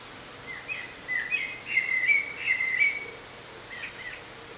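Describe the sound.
Bird singing one loud, rapid warbled phrase of chattering whistles, followed by a softer trailing snatch against quiet hiss.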